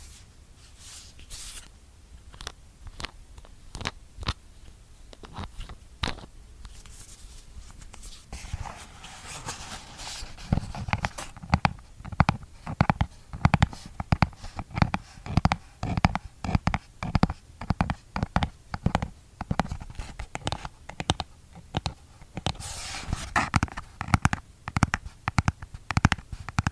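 Fingertips tap on a skincare product container in a string of sharp, quick clicks. The taps are sparse and lighter for the first eight seconds, then turn denser, louder and more rapid, with a fuller, hollow knock in each one through to the end.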